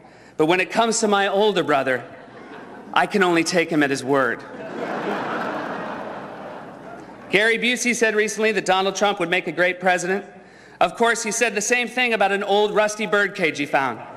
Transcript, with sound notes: But when it comes to my older brother, I can only take him at his word.
(LAUGHTER)
Gary Busey said recently that Donald Trump would make a great president. Of course, he said the same thing about an old, rusty bird cage he found.